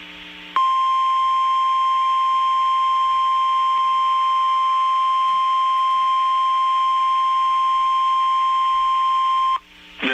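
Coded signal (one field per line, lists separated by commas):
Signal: Emergency Alert System (SAME) tones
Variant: 1050 Hz attention tone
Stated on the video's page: Real EAS tones for severe thunderstorm alerts from Texas NOAA Weather Radio stations, captured via Internet streams.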